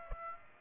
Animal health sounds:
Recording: mosquito wingbeat signal from an infrared sensor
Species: Aedes aegypti

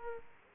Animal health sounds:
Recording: mosquito wingbeat signal from an infrared sensor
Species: Aedes aegypti

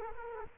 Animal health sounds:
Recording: mosquito wingbeat signal from an infrared sensor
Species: Culex quinquefasciatus

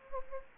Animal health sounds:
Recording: mosquito wingbeat signal from an infrared sensor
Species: Anopheles gambiae

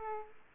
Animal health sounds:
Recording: mosquito wingbeat signal from an infrared sensor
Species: Aedes aegypti

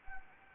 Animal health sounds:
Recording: mosquito wingbeat signal from an infrared sensor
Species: Anopheles arabiensis

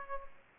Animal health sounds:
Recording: mosquito wingbeat signal from an infrared sensor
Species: Aedes aegypti

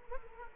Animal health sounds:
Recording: mosquito wingbeat signal from an infrared sensor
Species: Culex quinquefasciatus

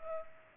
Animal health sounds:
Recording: mosquito wingbeat signal from an infrared sensor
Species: Culex pipiens

